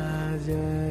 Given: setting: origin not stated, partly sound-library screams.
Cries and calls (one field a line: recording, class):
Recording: one-second piece from a danger detection set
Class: normal situation